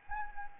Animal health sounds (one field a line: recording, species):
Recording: mosquito wingbeat signal from an infrared sensor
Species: Anopheles arabiensis